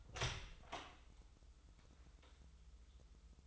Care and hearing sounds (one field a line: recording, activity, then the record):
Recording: daily activity, microphone in the room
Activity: open door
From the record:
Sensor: 3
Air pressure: 996.1 hPa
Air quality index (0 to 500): 48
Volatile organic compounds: 2 ppm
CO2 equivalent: 983 ppm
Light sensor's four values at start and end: 14/33/14/14 and 14/34/14/14